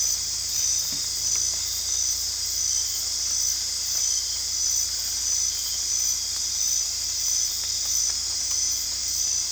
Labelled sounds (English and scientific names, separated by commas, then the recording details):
none
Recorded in dense forest near Puerto Asís, Putumayo, Colombia, on 22 December 2024 at 19:00
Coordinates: 0.485, -76.318
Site GP03